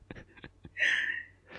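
A harsh, noisy burst, then faint clicks and a breathy rush: an adult woman's lingering cough after a cold with about three days of fever and a sore throat. Not COVID, and a chest X-ray showed no pneumonia.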